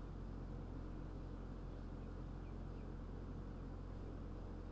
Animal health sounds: poultry house recording; healthy chickens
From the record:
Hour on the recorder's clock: 21

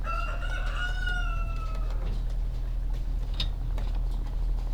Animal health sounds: poultry house recording; sick chickens (respiratory disease)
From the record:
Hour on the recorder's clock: 17

